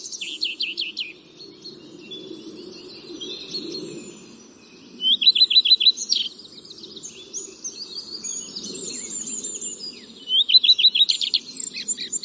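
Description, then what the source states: Wood Warbler trilling song: bursts of very high, rapid notes given three times, with other bird chirps and a low background rumble. Wood warbler trilling while it danced on the branches in front of the recordist as it sang.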